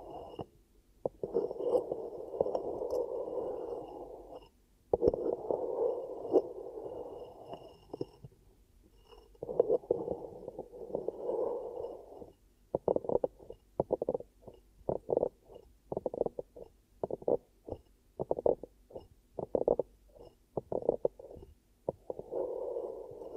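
Ear cupping sounds: long muffled whooshing rubs early on, then quicker rhythmic cupping pulses from about 13 seconds, over near silence.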